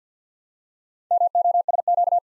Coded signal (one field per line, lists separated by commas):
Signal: Morse code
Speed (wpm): 53 wpm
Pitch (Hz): 700 Hz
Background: none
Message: MOSQ